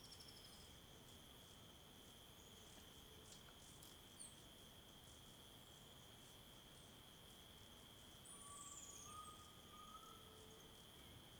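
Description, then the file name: Crickets keep up an unbroken high trill while birds add a falling whistle and a rising note, with quiet ambient hiss throughout. Ambience of a calm riverbank in the afternoon, with many birds and distant crickets. "Ambiencia beira do rio calmo a tarde com muitos passaros e grilos longe"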